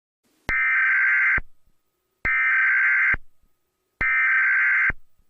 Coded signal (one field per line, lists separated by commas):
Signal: Emergency Alert System (SAME) tones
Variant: header bursts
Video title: EAS Scenario #7 - Moons Dreadful Reign